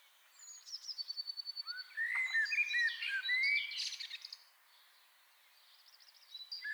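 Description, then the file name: Common blackbird giving a rich whistled phrase ending in squeaky twitters, preceded by quieter rapid ticking notes, with faint high trills trailing off afterwards. "Turdus merula"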